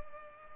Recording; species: mosquito wingbeat signal from an infrared sensor; Culex pipiens